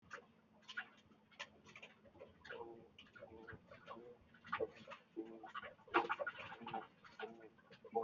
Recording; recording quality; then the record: sustained vowel as in boot; poor, much background noise or distortion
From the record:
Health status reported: healthy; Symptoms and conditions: none ticked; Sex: male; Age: 29 years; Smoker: not ticked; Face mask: worn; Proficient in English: yes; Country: India